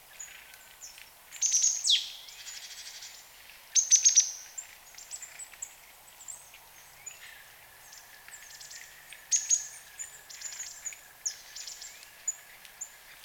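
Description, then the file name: Marsh tit giving a few bursts of high ticking notes, one with a falling sweep, with fainter notes between. "Poecile palustris"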